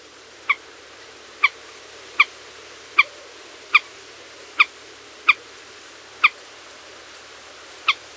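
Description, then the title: Common moorhen calling: nine abrupt clipped notes in a row against a quiet hissing background. "Gallinella"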